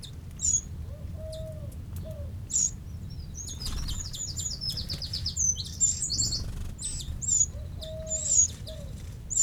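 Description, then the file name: Eurasian wren calls: brief high notes at intervals, with a quick run of high notes midway and soft lower whistles near the start and end. "Troglodytes troglodytes"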